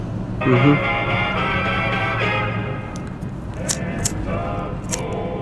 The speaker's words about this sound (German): Na, jetzt, wo das Gewitter vorbei ist, kann ich es ja nochmal mit dem Radio versuchen.